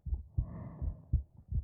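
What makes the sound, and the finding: Heart via microphone against chest. Normal heart sounds.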